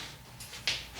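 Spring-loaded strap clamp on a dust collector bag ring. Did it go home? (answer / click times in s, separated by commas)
yes / 0.7 s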